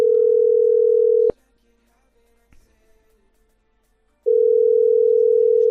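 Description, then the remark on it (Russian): A steady, loud ringback tone plays as a phone call to a woman is placed again, cutting off for about three seconds of near silence before the same flat, mid-pitched tone resumes. “А давайте еще ей наберем.”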